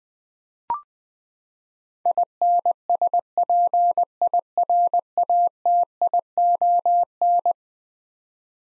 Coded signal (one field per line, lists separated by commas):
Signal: Morse code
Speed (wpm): 21 wpm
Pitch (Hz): 700 Hz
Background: none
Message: INSPIRATION